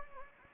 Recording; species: mosquito wingbeat signal from an infrared sensor; Anopheles gambiae